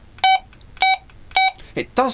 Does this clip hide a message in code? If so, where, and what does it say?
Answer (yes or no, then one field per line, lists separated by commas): no